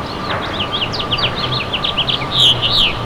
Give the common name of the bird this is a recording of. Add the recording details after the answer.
House Finch. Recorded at Bay Shore on Long Island, New York, on 29 May 2013. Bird E